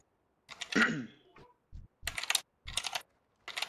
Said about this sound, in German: Kann derjenige das mit dem Tippen und so? Das wäre echt total lieb, wenn er das machen könnte, ohne die Taste zu drücken, fürs Reden.